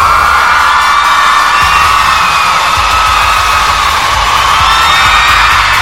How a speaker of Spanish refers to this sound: No, pues ovación para su comentario.